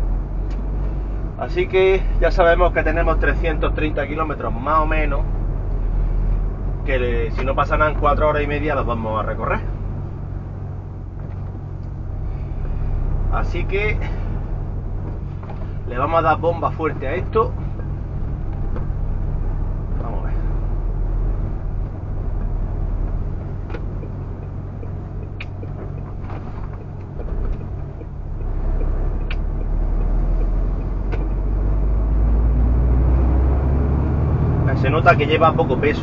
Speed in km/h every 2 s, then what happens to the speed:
9, 11, 13, 14, 14, 12, 11, 10, 7, 8, 12, 15, 15, 16, 16, 17, 23, 30.
0-9 steady at about 13. 9-18 slows to 8. 18-22 speeds up to 15. 22-30 steady at about 16. 30-36 speeds up to 30.